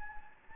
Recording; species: mosquito wingbeat signal from an infrared sensor; Anopheles gambiae